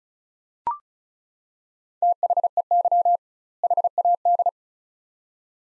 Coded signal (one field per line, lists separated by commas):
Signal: Morse code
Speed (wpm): 34 wpm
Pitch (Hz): 700 Hz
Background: none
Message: THEY HAD